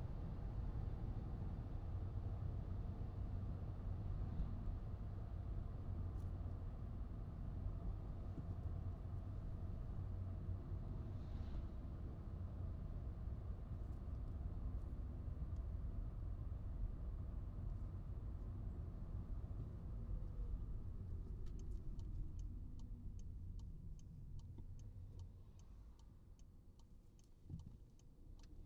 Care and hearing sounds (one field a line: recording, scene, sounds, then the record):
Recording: everyday scene through a hearing-aid microphone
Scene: in a vehicle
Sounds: engine, highway driving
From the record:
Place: Skoda Fabia, gasoline engine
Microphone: in the ear canal, right